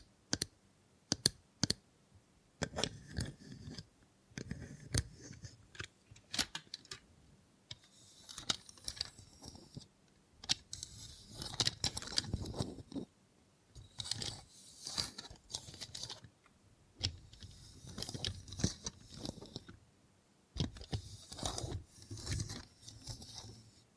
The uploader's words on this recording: Try ASMR with a Robot Hand (No Talking).